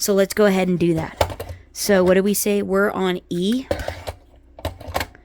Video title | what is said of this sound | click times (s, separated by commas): We R Memory Keepers Multi Cinch tool demo and tips! | so that just pushes right in it just pops right in | 5.0 s